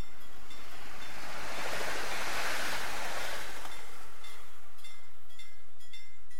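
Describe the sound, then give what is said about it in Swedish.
A train rushes through Torsåker station at full speed without stopping, a broad roaring whoosh that swells to a peak and fades within a few seconds, leaving faint, high metallic ringing afterward. “Siv väntade och väntade och plötsligt kom tåget. Men det stannade inte.”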